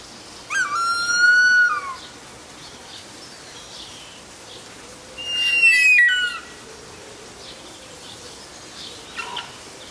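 Harpy eagle giving two drawn-out whistled wails, the first lower and steady, the second higher and falling, with faint chirps from other birds between.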